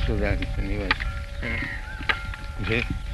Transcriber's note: sound of bell